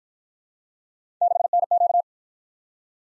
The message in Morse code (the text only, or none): 6NQ